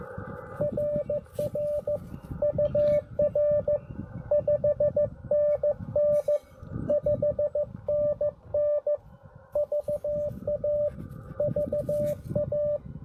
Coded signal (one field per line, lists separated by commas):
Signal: Morse code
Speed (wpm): 18 wpm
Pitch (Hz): 600 Hz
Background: radio noise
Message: RR UR 5NN 5NN VA VA